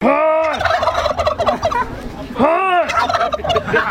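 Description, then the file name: Turkey gobbling, two loud rattling gobbles, each a quick burst of throaty warbling notes. "dindon"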